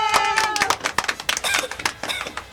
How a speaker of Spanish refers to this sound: un aplauso para él, que es la que hace la magia.